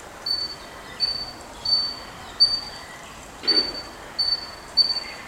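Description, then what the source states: Sakhalin leaf warbler giving high, thin, sharp notes about every 0.7 seconds, with one longer gap in the middle and a brief broader noise at the end of that gap. Recorded on 3 May 2017.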